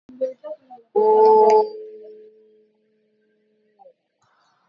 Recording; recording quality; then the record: sustained vowel as in boot; excellent, no background noise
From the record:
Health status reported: exposed to COVID-19, no respiratory illness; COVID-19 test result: negative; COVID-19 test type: RT-PCR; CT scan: not taken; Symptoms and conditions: none ticked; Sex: female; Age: 24 years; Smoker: no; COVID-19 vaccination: both doses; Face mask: worn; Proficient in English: yes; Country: India